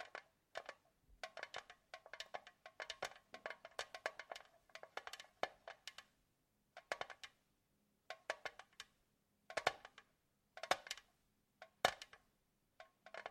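Quick bursts of light, clicky tapping come in irregular clusters, bright and sharp, separated by short silent gaps throughout.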